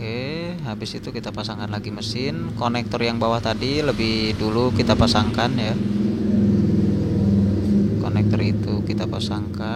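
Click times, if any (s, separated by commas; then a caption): 9.2 s. Someone talks while the lower plastic engine wiring harness connector is pushed back into its socket on the engine. Near the end comes a cluster of short clicks, with the main click at 9.2 s, and the connector is seated. It has to go in until it clicks, because without the click it is usually not fully seated.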